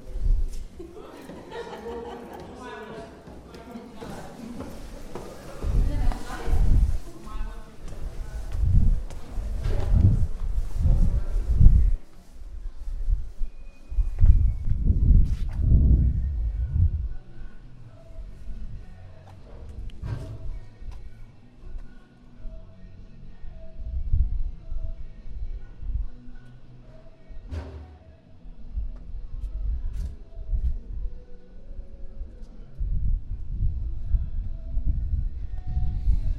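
A walk through Prague from the Castle to Charles Bridge, with a steady low rumble of street activity and murmuring voices. The first twelve seconds are busiest, and sharp knocks stand out every few seconds after that, possibly footsteps or hooves on stone.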